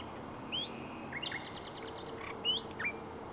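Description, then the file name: Common nightingale song, soft and varied: upslurred whistles, a quick run of ticking notes and short downslurred notes, with low background noise. "Luscinia megarhynchos"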